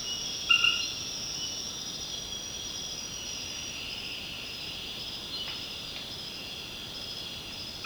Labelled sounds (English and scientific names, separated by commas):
none